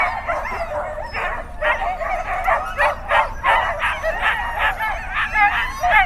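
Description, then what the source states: Many sled dogs yipping and howling at once, pulsing bursts of excited cries and wavering howls over a steady low rumble. Sled dogs in a farmyard giving a group chorus.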